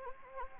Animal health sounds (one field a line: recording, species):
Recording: mosquito wingbeat signal from an infrared sensor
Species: Anopheles arabiensis